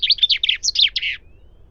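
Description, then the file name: Common chaffinch giving a quick phrase of several high, slurred notes lasting just over a second, then falling quiet. "Fringilla coelebs"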